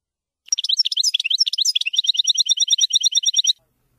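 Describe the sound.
European goldfinch song, a jumbled twittering opening that settles into a rapid even trill of repeated chirps, about three seconds long.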